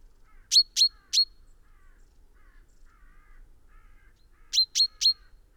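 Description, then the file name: Common chaffinch giving sharp, bright call notes in a quick burst of three, then a pause of about three seconds before another run of three; quiet background otherwise. "Fringilla coelebs"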